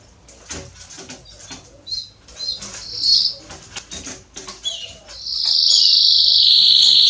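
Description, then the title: Belgian canary song: scattered faint chirps and rustling at first, then a loud, sustained high buzzy trill over the last two seconds. Male Belgian canary singing a lot, to warm up and train young canaries. "Canary Training Esquente Seu Filhote E Canario Belga Macho Cantando Muito CANTO DO CANRIO"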